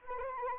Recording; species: mosquito wingbeat signal from an infrared sensor; Anopheles arabiensis